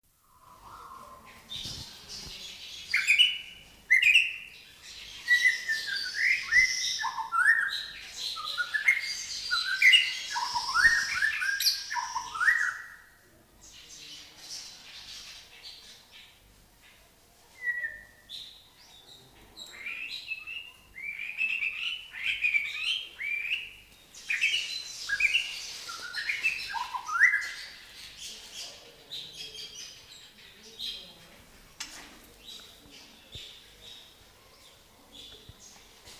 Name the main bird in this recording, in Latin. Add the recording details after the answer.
Copsychus malabaricus. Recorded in captivity. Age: adult. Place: Zoo Berlin, Berlin, DE. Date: 1997-11-15 12:30. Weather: overcast, light rain shower, 5°C. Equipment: Nagra SN, Kopie Uher 4000 Report Monitor. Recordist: Tembrock, Günter. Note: Gesang, Entfernung ca. 5 m